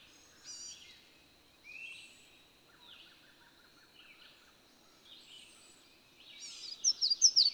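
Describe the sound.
Bird song of high whistled phrases and short chirps, with a soft rapid trill in the middle and a burst of loud, sharp chirping notes near the end.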